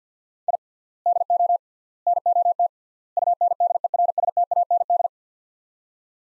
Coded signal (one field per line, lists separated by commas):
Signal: Morse code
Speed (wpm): 50 wpm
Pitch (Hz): 700 Hz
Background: none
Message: I DO NOT UNDERSTAND